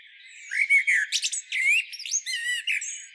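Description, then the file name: Common blackbird producing a fast mix of squealing slurred notes and harsh, buzzy chatter, continuous for most of the three seconds. "Turdus merula"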